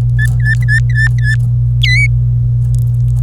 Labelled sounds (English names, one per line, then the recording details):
Domestic Canary song
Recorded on 26 April 2018 at 13:03
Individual llb3